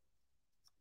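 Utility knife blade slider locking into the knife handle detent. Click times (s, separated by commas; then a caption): 0.7 s. The slider on a custom utility knife is pushed and pulled so the metal blade extends, with a single short, sharp click at 0.7 s over a quiet background. The blade clicks into its detent in the knife handle and locks in position.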